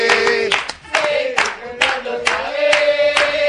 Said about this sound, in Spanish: Y una, vamos a pedir, sí, señores, un aplauso porque ya llega a la Radio Nacional.